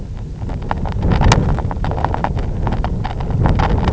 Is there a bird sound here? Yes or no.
no